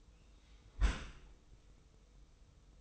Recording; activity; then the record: daily activity, microphone in the room; close dishwasher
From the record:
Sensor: 1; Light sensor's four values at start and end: 24/55/23/25 and 24/55/23/25